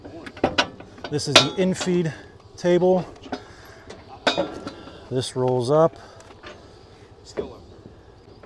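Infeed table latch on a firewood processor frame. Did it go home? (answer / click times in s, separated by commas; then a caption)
no / none. The infeed table of a firewood processor is rolled up into transport position toward the metal latch on the processor frame, with sharp metallic hits, the loudest near 0.6 s and 3.3 s, while someone talks. The clip ends before the latch engages, so nothing has locked into place yet.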